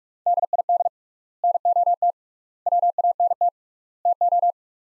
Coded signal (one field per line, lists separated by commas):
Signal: Morse code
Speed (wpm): 46 wpm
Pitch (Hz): 700 Hz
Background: none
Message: DID NOT WANT TO